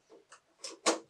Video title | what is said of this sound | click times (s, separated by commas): Miele Compact C1 Turbo Team Unboxing | you hear a little click and then you're going to just tuck this portion of the bag in | 0.6 s